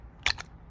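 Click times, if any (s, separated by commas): 0.3 s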